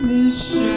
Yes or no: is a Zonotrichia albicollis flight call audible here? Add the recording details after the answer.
no. No flight call is heard. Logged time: 01:33 on 4 September 2014